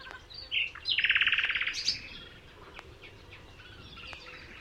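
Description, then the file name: Common nightingale song built around a loud, fast-repeated note series lasting about a second, followed by quieter scattered chirps. "Luscinia megarhynchos"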